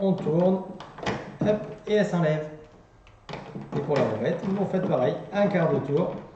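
Someone talks while refitting a filter cartridge into the housing of a countertop reverse-osmosis water fountain with a quarter turn, after the carbon filters have been removed, so it locks and does not leak. Handling sounds come through under the speech, with a faint brief sound near 3.1 s. The clip ends before the cartridge goes home; nothing has seated or clicked yet.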